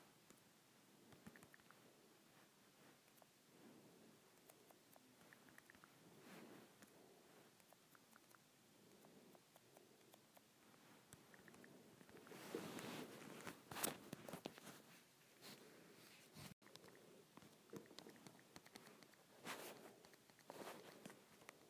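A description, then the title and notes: Fingers tap on an iPad screen in soft, irregular clicks, with muffled thuds and light rustling between them. The first half is quiet and sparse. From about 12 seconds, louder, brighter scraping and rubbing sounds come in bursts, easing briefly near 16 seconds before returning. IPad Screen Tapping.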